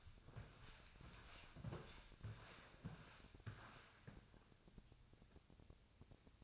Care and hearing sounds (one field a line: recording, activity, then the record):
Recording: daily activity, microphone in the room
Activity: walk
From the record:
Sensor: 2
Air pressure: 1000.4 hPa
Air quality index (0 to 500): 163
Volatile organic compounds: 3 ppm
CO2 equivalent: 1362 ppm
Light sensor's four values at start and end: 15/39/16/18 and 15/41/16/18